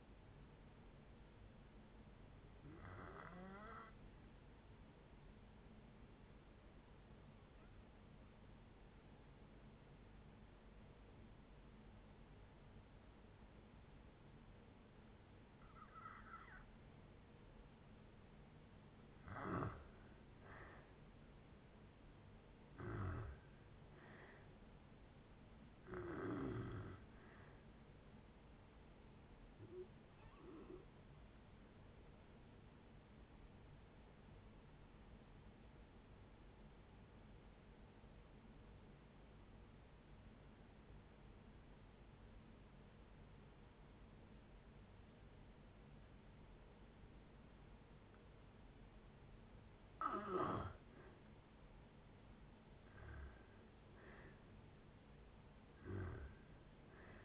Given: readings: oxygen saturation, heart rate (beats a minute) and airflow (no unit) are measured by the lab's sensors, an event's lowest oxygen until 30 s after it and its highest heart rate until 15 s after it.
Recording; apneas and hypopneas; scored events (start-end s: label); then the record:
breathing in sleep by a voice recorder at the bedside; 2
7.00-19.70 s: obstructive apnea (N2, oxygen 96% highest, then 83% lowest, heart rate 59 at the start, 71 highest)
30.00-50.90 s: hypopnea (N2, oxygen 96% highest, then 83% lowest, heart rate 71 at the start, 72 highest)
42.00-57.25 s: new sleep stage, N1 (lightest sleep)
From the record:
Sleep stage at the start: N2 (light sleep); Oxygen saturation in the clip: 83 to 96%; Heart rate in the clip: 55 to 71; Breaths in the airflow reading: 9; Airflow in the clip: -6.5 to 7.3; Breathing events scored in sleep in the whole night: 496 in 5.4 hours asleep